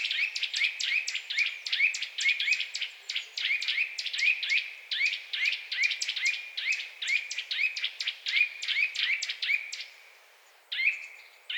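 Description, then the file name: Eurasian nuthatch calls: busy streams of quick upswept chirps and high ticks, pausing briefly near the end before resuming. "Sitta europaea"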